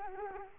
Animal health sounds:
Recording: mosquito wingbeat signal from an infrared sensor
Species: Culex quinquefasciatus

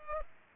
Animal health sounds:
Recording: mosquito wingbeat signal from an infrared sensor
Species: Culex pipiens

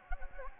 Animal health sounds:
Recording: mosquito wingbeat signal from an infrared sensor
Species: Anopheles gambiae

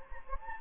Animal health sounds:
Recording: mosquito wingbeat signal from an infrared sensor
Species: Anopheles gambiae

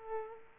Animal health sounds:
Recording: mosquito wingbeat signal from an infrared sensor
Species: Aedes aegypti

